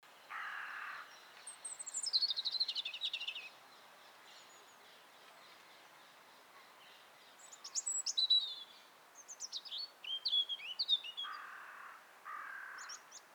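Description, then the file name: European robin song: two bursts of high, sweet, tumbling warbles with thin whistled notes, separated by a quiet gap of about four seconds; short dull rushing noises come near the start and end. "Erithacus rubecula"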